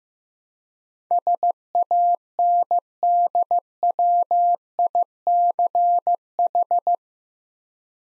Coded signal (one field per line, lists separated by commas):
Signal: Morse code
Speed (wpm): 15 wpm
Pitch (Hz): 700 Hz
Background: none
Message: SANDWICH